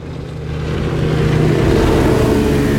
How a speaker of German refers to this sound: Diese Rennboote. Als wir vor 5 Jahren das Haus kauften, gab's die noch nicht.